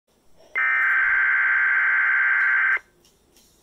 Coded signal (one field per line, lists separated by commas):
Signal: Emergency Alert System (SAME) tones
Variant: header bursts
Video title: EAS 1800!!!!!!!!!!!!!!!!!!! TN AMBER ALERT